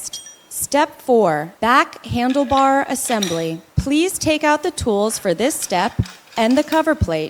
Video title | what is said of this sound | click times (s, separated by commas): CURSOR FITNESS CBR60 RECUMBENT BIKE INSTALLATION VIDEO VOICE VERSION | the knob can adjust the height you can hear a click once it's fixed | 0.1 s